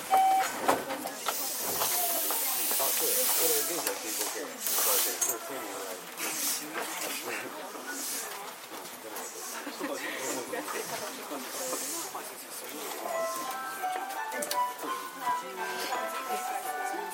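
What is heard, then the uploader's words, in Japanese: JR 323 series train at Momodani: steady bright hissing throughout, with talking over it and short chime-like tones near the start and again near the end. JR323系 桃谷→桃谷。朝早くに乗車して録音しましたが、そこそこ乗客がおり、少し声が聞こえます。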